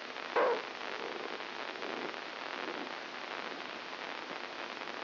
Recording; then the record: brain microelectrode recording played as sound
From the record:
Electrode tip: inside the subthalamic nucleus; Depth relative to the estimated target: 0 mm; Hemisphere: right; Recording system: AlphaMap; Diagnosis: Parkinson's disease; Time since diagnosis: 14 years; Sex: female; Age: 63 years